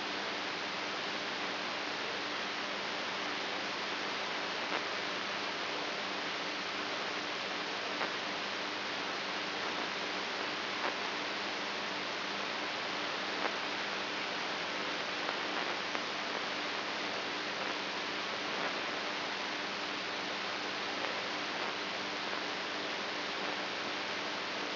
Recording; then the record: brain microelectrode recording played as sound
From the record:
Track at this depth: outside the subthalamic nucleus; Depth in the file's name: 6.307 mm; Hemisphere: right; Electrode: 2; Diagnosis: Parkinson's disease